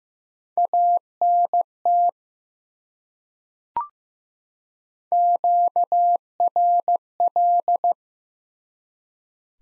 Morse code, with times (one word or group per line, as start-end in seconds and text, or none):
0.6-2.1 ANT
5.1-7.9 QRL